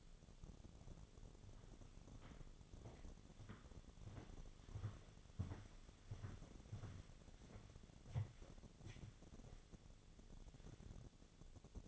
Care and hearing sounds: daily activity, microphone in the room; walk to room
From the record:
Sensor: 4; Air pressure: 1000.8 hPa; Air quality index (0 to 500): 122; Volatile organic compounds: 1 ppm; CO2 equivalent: 921 ppm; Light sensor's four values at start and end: 60/149/63/70 and 59/147/62/69

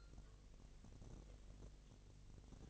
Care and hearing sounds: daily activity, microphone in the room; take from stove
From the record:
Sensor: 4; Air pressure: 1000.2 hPa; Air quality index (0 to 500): 220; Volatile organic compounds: 25 ppm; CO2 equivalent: 2834 ppm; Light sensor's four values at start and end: 9/20/8/8 and 9/19/8/7

